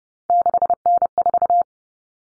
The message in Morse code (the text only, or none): 6N4